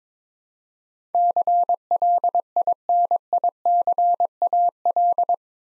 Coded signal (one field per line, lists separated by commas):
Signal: Morse code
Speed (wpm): 22 wpm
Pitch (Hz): 700 Hz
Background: none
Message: CLINICAL